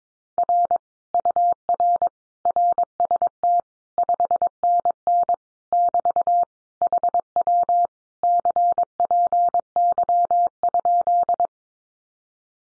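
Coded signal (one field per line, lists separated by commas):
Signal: Morse code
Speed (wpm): 22 wpm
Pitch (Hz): 700 Hz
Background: none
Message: R UR RST 5NN <BT> HW CPY?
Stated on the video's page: Morse practice at 22 wpm: common QSO phrases, sent, spoken, then sent again, for head-copy training.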